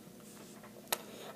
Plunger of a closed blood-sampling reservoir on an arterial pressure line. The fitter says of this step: and then I push this back in until it clicks pushes it back in I get a click and then